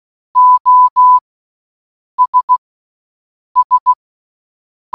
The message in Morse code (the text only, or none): OS S